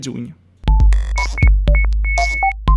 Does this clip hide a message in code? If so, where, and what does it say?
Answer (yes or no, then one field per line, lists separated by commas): no